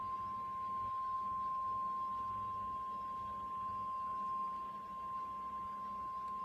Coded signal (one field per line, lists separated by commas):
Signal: Emergency Alert System (SAME) tones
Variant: 1050 Hz attention tone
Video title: EAS Compilation: 2 TOA/1 TOR/2 FLW/8 SVR | NOAA Weather Radio (4/2/2014)